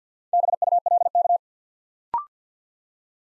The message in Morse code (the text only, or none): BULK